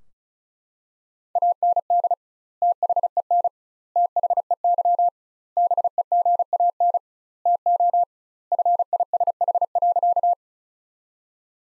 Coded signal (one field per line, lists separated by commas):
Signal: Morse code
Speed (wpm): 34 wpm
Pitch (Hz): 700 Hz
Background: none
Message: AND THEN THEY BEGAN TO FISH.